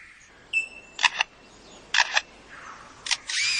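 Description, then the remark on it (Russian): A lyrebird mimics the shutter of the camera that is filming it: three crisp bursts of clicking, each a quick double or triple snap, spaced about a second apart, with a thin high whistle early on and a rushing hiss at the end. “Но самое смешное видео, которое я видел, это как он имитирует звук затвора фотокамеры, на которой его снимают.”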